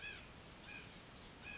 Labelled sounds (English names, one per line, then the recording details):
Oak Titmouse
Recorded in Sonoma County, California